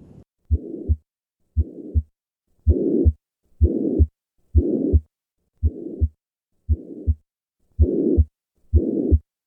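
Adult heart heard by stethoscope at about 64 beats per minute: a pansystolic murmur of tricuspid regurgitation filling the space between the first and second heart sounds. Its loudness varies with breathing, increasing during inspiration as with most right-sided lesions. The cause is Ebstein's anomaly: an incompetent tricuspid valve displaced downward into the right ventricle.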